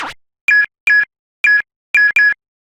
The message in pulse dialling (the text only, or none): none